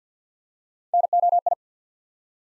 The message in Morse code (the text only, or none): NOI